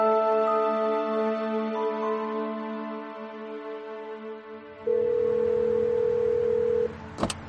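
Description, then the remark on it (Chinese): Electronic telephone dialing tones hum and shift for several seconds as a police officer sitting in a car calls a colleague at the city police bureau, then a loud, steady dial tone holds for about two seconds before a couple of sharp clicks end it. No one speaks. “坐进车里，孟昭给市局的同事拨了电话。”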